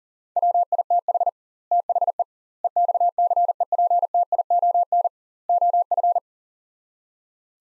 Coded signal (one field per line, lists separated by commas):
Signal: Morse code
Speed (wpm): 40 wpm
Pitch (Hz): 700 Hz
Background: none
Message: WITH THE EXCEPTION OF